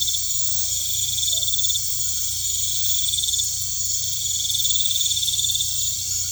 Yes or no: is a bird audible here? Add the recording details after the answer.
no. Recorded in pastures near Puerto Asís, Putumayo, Colombia, on 16 December 2024 at 19:30. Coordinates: 0.472, -76.329. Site G072